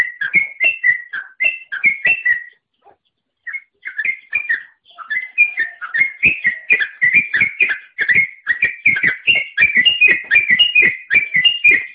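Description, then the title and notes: Songbird singing bursts of fast whistled chirps, broken by a pause of about one second, then a long run of fast whistled notes. "Bird Sound. Kicau Burung Lengkap"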